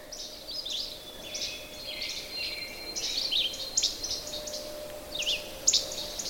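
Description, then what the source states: Philadelphia Vireo song: several short, high, sweet phrases with brief pauses. Sung very high in the top branches of aspens whose leaves are just popping; a phrased, very sweet song repeating cheerie, cheerie.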